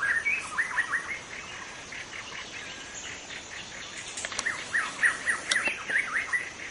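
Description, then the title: White-rumped shama: rich, rolling whistled phrases at start and end, with a quieter middle stretch, a few sharp clicks, and continuous insect-like background noise. In forest; called murai batu hutan (forest white-rumped shama) in Indonesian. "Suara burung murai batu hutan"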